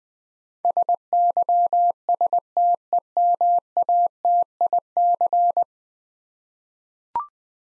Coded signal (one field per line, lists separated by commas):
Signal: Morse code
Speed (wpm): 20 wpm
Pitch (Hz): 700 Hz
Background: none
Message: SYSTEMATIC